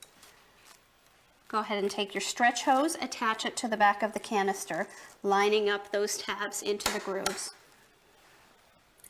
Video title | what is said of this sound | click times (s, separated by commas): ✅ Top 5 Best Vacuum Cleaner 2020 - Best Vacuums Cleaners in 2020 — Shark VS Bissell 💦 | until you hear it click into place go | 0.0 s